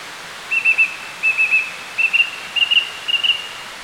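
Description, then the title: Song Thrush song: a short whistled figure repeated five times with slight changes. "Sylvain Jaskowiak - Mes piafs. Grive musicienne"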